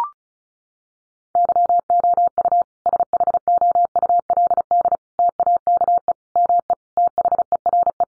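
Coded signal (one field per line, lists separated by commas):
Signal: Morse code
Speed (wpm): 34 wpm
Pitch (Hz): 700 Hz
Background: none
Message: YOU SHOULD TAKE ME THERE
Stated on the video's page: Sentences from the top 300 words sent in Morse at 35 wpm for head-copy practice, each sent, spoken, then sent again.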